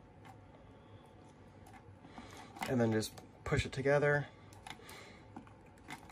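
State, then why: Not seated. The notches on the two plastic backup-camera cable connector halves are lined up, and the rear camera cable connector is inserted into the dash cam extension cable connector before being pushed together. Someone talks, and small faint handling ticks follow near the end. Nothing has seated or clicked yet.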